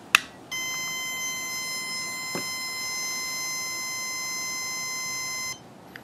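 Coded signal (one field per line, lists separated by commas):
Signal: beep code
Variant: rocket altimeter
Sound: a switch click, then one long steady beep lasting about five seconds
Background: switch clicks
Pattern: 1 long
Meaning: The altimeter is powered on and armed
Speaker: so you just just rotate the [Music] switch it's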